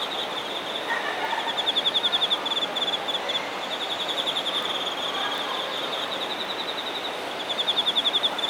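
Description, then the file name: Insect song: a high rapid trill of even pulses, louder stretches near two and eight seconds, with a fainter higher trill and background noise. Shinagawa, Japan. "shinagawa singing insects"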